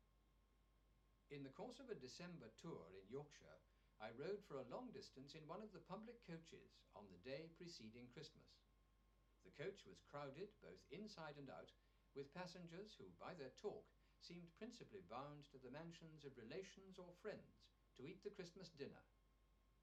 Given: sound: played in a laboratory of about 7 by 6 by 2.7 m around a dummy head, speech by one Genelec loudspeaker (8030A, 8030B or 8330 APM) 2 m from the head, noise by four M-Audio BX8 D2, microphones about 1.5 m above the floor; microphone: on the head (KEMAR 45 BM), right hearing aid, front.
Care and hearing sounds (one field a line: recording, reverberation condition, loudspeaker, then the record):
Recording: male speech in English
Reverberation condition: low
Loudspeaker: 120 degrees to the right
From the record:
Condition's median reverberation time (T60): about 310 ms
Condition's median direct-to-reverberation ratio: about 3.5 dB